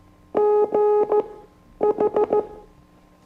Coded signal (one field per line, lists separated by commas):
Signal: Morse code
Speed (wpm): 16 wpm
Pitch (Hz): 420 Hz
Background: none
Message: GH